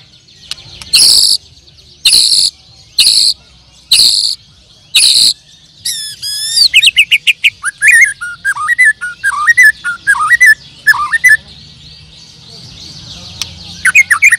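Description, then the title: Bird: fast, varied chattering song of twisting whistles and trills, after five loud buzzy pulses about a second apart. "Kicau Burung"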